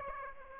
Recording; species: mosquito wingbeat signal from an infrared sensor; Aedes aegypti